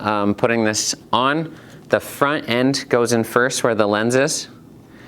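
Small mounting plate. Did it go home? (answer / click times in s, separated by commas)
no / none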